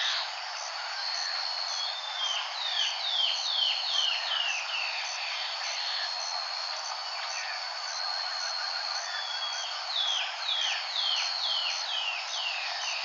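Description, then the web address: Bird calls: two bursts of fast descending whistled notes separated by quieter chatter, over a continuous high hiss. "BIRD 2015 SABIOD 50 bird 2015"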